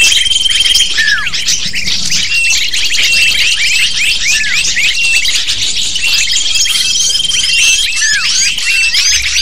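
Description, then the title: Lovebird flock calls, many shrill chirps and swooping downward squeaks overlapping, a steady high chatter with occasional sustained whistles. Lure call used to attract lovebirds. "PIKAT BURUNG LOVEBIRD"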